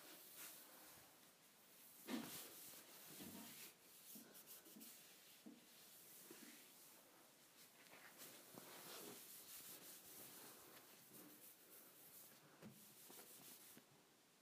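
A wipe is rubbed across a counter in a steady run of soft, hissy scrubbing strokes lasting the whole 14 seconds. The strokes come at an irregular pace, with a louder thump near two seconds and brief bumps around three, eight and twelve seconds.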